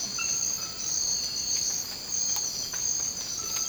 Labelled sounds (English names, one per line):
none